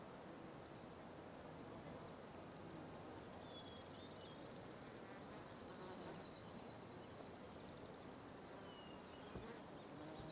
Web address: Wav Junction Sound Effects - Ambience. Ambience loud flies light birds crickets wind